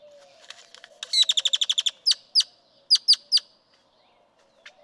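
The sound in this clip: Great-tailed grackle song: a soft rattle, then a rapid run of loud sharp clicking notes, followed by several louder, sharp piercing notes.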